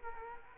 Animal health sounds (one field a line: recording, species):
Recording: mosquito wingbeat signal from an infrared sensor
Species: Culex quinquefasciatus